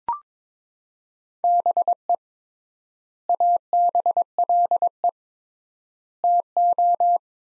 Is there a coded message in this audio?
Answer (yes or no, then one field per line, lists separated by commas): yes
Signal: Morse code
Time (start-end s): 1.4-7.2 s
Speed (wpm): 22 wpm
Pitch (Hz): 700 Hz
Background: none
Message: BE ABLE TO